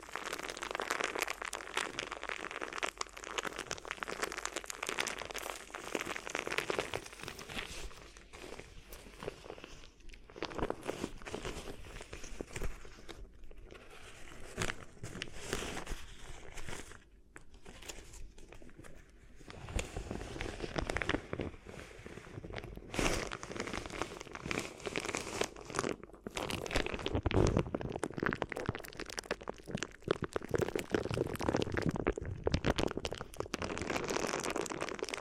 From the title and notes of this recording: ASMR Addictive Crinkly Ear Massage (No Talking).